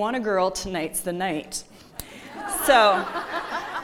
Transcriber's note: laughter